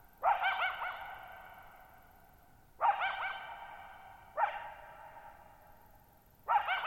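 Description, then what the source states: Coyote giving quavering bark-yelps, four over several seconds, each followed by a long echoing tail. Lone coyote calling for nearly 50 minutes at night, July 14, 2019, Thirtymile Meadows, Okanogan National Forest, Okanogan High Country, Pacific Northwest, 6400 ft (1950 m); shallow bowl-shaped meadow on high, dry plateau.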